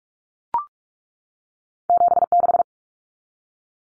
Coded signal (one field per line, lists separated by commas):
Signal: Morse code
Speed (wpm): 44 wpm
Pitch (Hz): 700 Hz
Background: none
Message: 76